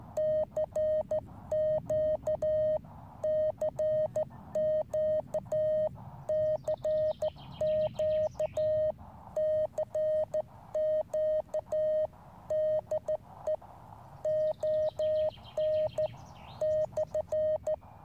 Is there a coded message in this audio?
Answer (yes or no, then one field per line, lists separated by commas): yes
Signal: Morse code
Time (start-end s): 0.2-17.8 s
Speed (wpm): 13 wpm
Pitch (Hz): 620 Hz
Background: none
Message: CQ CQ CQ CQ DE ON /